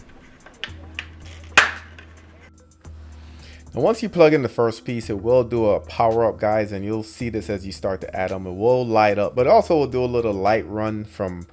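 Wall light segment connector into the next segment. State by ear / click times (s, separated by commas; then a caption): seated / 1.6 s. Two plastic Govee Glide RGBIC smart wall light segments lie face down on a desk and are pressed together, and the connector between them seats with a sharp click at 1.6 seconds. After a few faint taps, someone talks over a low background hum for the rest of the clip.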